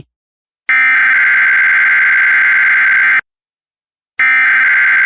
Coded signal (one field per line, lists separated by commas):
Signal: Emergency Alert System (SAME) tones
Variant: header bursts